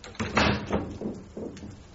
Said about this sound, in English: Close the door.